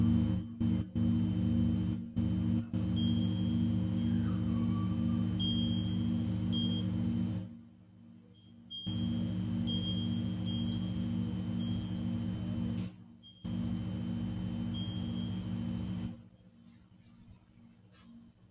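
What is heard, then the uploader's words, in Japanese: A singing bowl hums with a deep, steady drone, layered low tones pulsing slowly beneath a thin, high ringing line. Small bright pings and chirps recur every second or two. The sound drops out abruptly several times, nearly silent near eight, thirteen, and seventeen seconds. 日蝕明けのメキシコからシンギングボウルのサウンドヒーリング。チベタンシンギングボウル #メキシコ。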